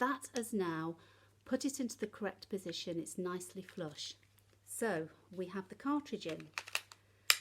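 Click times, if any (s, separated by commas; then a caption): 6.9 s, 7.3 s. Someone talks while a battery is clipped onto a COLOP e-mark handheld printer and its plastic protective cover is snapped on. Two clicks are heard at about 6.9 s and 7.3 s, the second much sharper. The battery and cover are seated.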